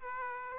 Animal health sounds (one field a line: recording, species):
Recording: mosquito wingbeat signal from an infrared sensor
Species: Aedes aegypti